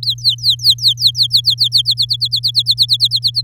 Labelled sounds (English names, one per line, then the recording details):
Domestic Canary song
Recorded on 7 May 2018 at 16:03
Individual llb16